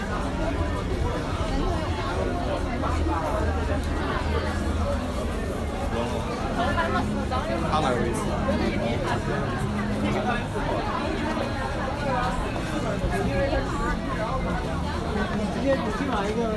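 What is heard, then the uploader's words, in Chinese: Steady crowd chatter fills Nanluoguxiang, many overlapping voices at an even level, with a low rumble of traffic underneath throughout. 声音来自南锣鼓巷。南锣鼓巷是一条胡同，位于北京中轴线东侧的交道口地区。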